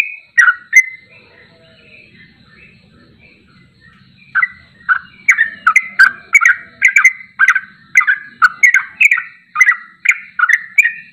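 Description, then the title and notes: Bulbul song: two chirped notes, a quiet spell of a few seconds, then a steady run of rapid bubbly slurred phrases. Champion bird singing in 'tembakan' style; recording used for training birds. "MASTERAN Trucukan Tembakan. trucuk juara"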